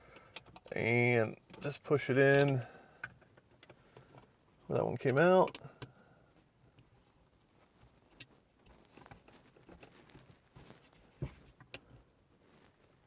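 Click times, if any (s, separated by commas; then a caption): none. Someone talks while handling a FitCamX dash cam wiring harness connector at the mirror harness socket behind the mirror trim of a 2023 Toyota Corolla Hybrid, with scattered light plastic taps and ticks. The connector is not yet pushed home, and nothing has seated or clicked yet.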